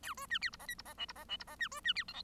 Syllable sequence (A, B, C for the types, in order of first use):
A B C D E F G E F H E F H E F C B C D I J